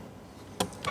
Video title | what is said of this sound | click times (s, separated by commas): Assembling base bot 2018 | when you use the other one and push it through you must see a trick sound similar and after | 0.6 s